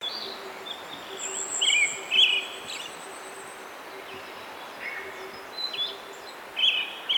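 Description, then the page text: Brown-headed thrush delivering several short fluty, warbled phrases with high thin squeaky notes between them, over a faint low pulsing background tone. "Desmond Allen - Золотистый дрозд (Turdus chrysolaus)"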